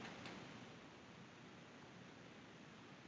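A flat ribbon cable is slid into the open connector on a Fokoos Odin-5 F3 3D printer board, with the lock flap still raised before it is pushed down. Only quiet handling is heard, a faint soft rustle in the first fraction of a second over a steady hiss, and nothing has seated or clicked yet.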